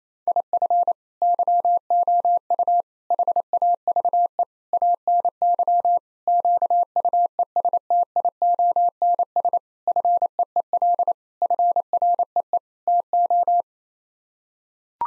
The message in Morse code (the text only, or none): IF YOU HAVE ANY QUESTIONS FEEL FREE TO